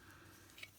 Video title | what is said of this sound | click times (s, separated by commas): The Thirteen Onyx Prime Review - Transformers Age of the Primes | and just put the staff into the inside of his hand. and it will snap into place and then you can close the hand around it. | 0.6 s